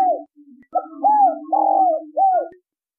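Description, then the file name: Spotted dove cooing one phrase of arched notes, including a long rolling coo. Spotted dove song in the giọng thổ đồng style. "tieng cu gay giong tho dong"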